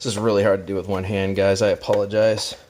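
A modded carbon-fiber flight battery is being clipped one-handed into the battery bay of a 3DR Solo drone, made to clip in and lock like a normal Solo battery. Someone talks throughout, with no distinct click or impact heard. Nothing has seated or clicked yet by the end of the clip.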